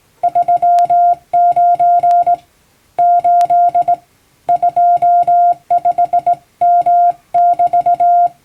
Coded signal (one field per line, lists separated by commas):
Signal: Morse code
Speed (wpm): 19 wpm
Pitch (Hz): 700 Hz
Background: music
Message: 39 8 25M<BT>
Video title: 毎日聴いてモールストレーニング！アマチュア無線ハムの受信練習用に綺麗な手打ちで平文の欧文モールス信号を叩いてみました。YouTubeの再生速度を調整して聴こう(morse code learning)